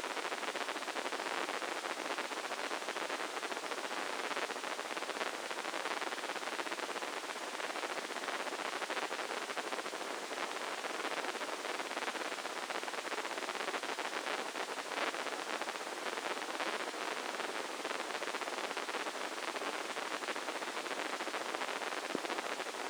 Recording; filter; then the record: brain microelectrode recording played as sound; spike band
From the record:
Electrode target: subthalamic nucleus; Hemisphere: left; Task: reaching with the right hand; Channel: 1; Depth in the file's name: 2.977 mm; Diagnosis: Parkinson's disease